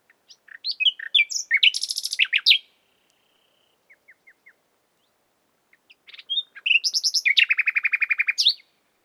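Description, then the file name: Common nightingale song with a burst of sharp varied chirps, a pause with a few soft clicks, then a fast, rhythmic rattling trill. "Luscinia megarhynchos"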